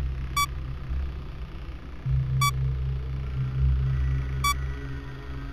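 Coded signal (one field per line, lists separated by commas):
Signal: none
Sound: game's phone call beeps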